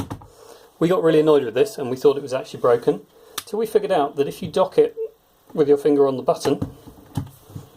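A Dell Venue 10 Pro tablet is handled at its keyboard dock while someone talks throughout, with faint small knocks near the start. The tablet is being docked with a finger on the release button, but nothing has seated or clicked into the dock yet.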